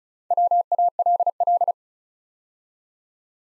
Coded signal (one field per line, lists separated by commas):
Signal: Morse code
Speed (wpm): 36 wpm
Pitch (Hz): 700 Hz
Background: none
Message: WALL